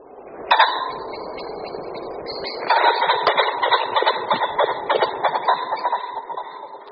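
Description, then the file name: Common pheasant giving a sharp harsh note, then a long rasping call breaking into a rapid run of pulsed notes. "Bažant-obecný"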